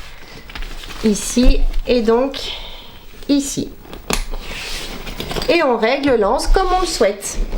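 A metal snap hook (carabiner) on the adjustable strap of a fabric bag is clipped onto a sewn-on ring, and its spring gate snaps shut with a short click at 0.5 s. Someone talks throughout, and a few more small clicks and handling sounds follow. The strap ends up clipped on, and the bag is finished.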